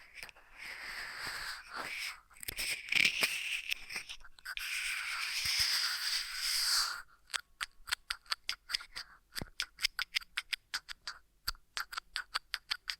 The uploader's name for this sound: Ear Massage Triggers